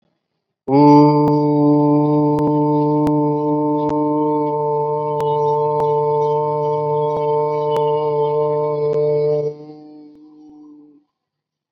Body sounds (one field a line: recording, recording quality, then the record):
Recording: sustained vowel as in boot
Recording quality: excellent, no background noise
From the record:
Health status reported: COVID-19 positive, mild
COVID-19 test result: positive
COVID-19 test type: RT-PCR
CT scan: not taken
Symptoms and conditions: cough, sore throat, fatigue, muscle pain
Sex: male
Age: 40 years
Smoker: no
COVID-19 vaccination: both doses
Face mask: worn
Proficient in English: yes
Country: India